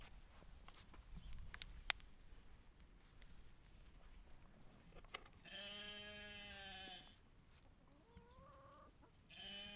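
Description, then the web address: Sheep bleating: a long quavering bleat, a shorter second bleat soon after, and the start of a third, over quiet background with clicks. Recorded outdoors. "Animal Moutons - Plein Air"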